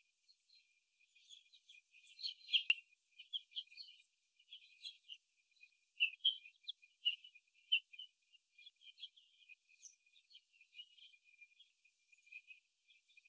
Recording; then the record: young laying hens in a cage, short pieces joined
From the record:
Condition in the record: after the stressor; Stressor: simulated dog barking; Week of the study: 2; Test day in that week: 3